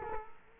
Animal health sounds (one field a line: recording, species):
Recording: mosquito wingbeat signal from an infrared sensor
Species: Culex quinquefasciatus